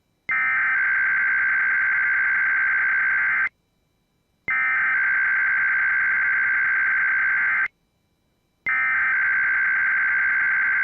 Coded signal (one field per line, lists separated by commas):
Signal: Emergency Alert System (SAME) tones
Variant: header bursts